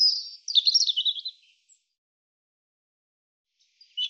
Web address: cianscape birddata Deverinetal 2025 Bird Er Ru